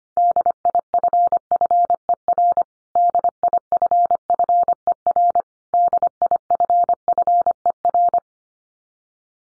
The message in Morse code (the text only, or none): DIFFER DIFFER DIFFER